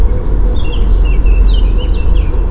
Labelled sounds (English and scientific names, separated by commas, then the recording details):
Eurasian Blackcap (Sylvia atricapilla)
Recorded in Germany
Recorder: ecoPi